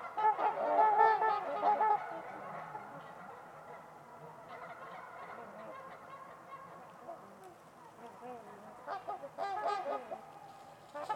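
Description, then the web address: Trumpeter swans honk loudly at first, then call softly in the background before a renewed burst of trumpeting near the end. Trumpeter swans at Winters Lake in a deep valley on a winter evening; silent surroundings apart from distant white noise. "Trumpeter Swans on a Winter's Eve. Winters-Lake-with-Swan. Wind Is the Original Radio"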